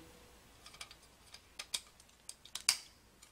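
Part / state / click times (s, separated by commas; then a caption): ribbon cable connector into circuit board header / seated / 2.6 s, 2.7 s. A ribbon cable connector, TU C 117, is pushed down onto header JP1 on a test point board while calibrating the AJUNC 3 board of a Tuttnauer E-Series autoclave. Quiet ticks and taps build up before two sharp clicks at 2.6 s and 2.7 s, the second the loudest. The connector seats as both side tabs click and lock.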